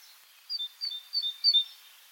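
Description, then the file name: Great tit calling with four quick, high two-note figures in a brief burst over faint background hiss. "Parus major"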